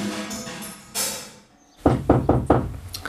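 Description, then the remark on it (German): A short pause gives way to a quick series of four or five sharp, solid knocks on a door, loud and evenly spaced, with softer rustling noise in the moments before. “Wer wagt es, Rittersmann oder Knapp, zu klopfen an meine Tür?”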